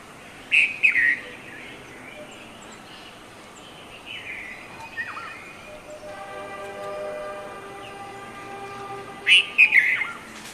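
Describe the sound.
Red-vented bulbul: short bright chirpy phrases near the start and end, with a long steady multi-toned train horn in between.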